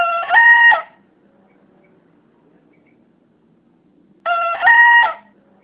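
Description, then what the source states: Bekisar (green junglefowl hybrid) crowing: two short, harmonic, two-part crows, the second part higher and louder, about four seconds apart. Green junglefowl hybrid bekisar, described as a young contest-prospect bird (bakalan) of champion quality (juara).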